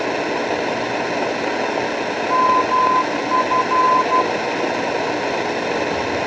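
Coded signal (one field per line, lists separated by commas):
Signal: Morse code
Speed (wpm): 12 wpm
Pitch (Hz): 1020 Hz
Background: none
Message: MF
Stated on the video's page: Radio sound clip partly drowned out by people talking in the background.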